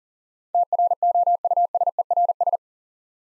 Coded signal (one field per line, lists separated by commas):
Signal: Morse code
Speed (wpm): 42 wpm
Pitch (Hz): 700 Hz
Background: none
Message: TROUSERS